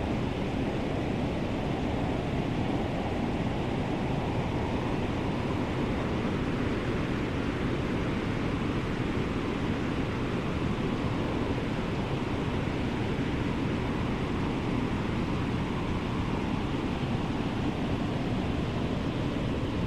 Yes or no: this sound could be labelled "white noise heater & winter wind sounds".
yes